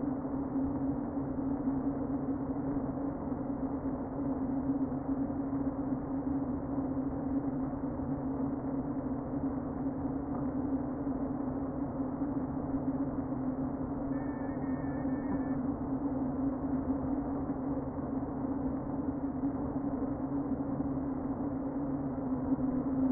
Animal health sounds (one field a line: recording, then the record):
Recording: honeybee colony, microphone inside the hive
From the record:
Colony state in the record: queen present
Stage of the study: before two queens were removed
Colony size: about 60,000 bees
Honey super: yes